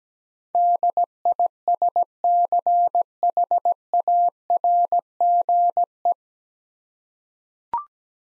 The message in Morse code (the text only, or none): DISCHARGE